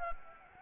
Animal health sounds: mosquito wingbeat signal from an infrared sensor; Anopheles gambiae

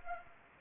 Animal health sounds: mosquito wingbeat signal from an infrared sensor; Anopheles gambiae

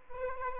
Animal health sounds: mosquito wingbeat signal from an infrared sensor; Aedes aegypti

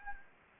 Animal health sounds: mosquito wingbeat signal from an infrared sensor; Anopheles gambiae

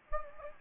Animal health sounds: mosquito wingbeat signal from an infrared sensor; Anopheles gambiae

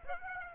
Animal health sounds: mosquito wingbeat signal from an infrared sensor; Aedes aegypti

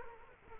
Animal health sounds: mosquito wingbeat signal from an infrared sensor; Culex quinquefasciatus

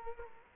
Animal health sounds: mosquito wingbeat signal from an infrared sensor; Culex quinquefasciatus

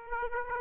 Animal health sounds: mosquito wingbeat signal from an infrared sensor; Aedes aegypti

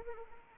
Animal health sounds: mosquito wingbeat signal from an infrared sensor; Anopheles arabiensis

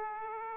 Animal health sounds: mosquito wingbeat signal from an infrared sensor; Aedes aegypti

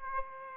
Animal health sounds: mosquito wingbeat signal from an infrared sensor; Aedes aegypti

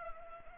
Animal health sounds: mosquito wingbeat signal from an infrared sensor; Culex pipiens

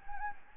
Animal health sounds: mosquito wingbeat signal from an infrared sensor; Anopheles gambiae

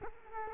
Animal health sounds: mosquito wingbeat signal from an infrared sensor; Culex quinquefasciatus

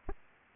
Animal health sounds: mosquito wingbeat signal from an infrared sensor; Aedes aegypti

